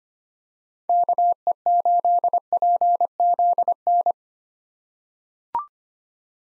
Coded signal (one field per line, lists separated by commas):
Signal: Morse code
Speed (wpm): 25 wpm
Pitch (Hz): 700 Hz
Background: none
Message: KE8PZN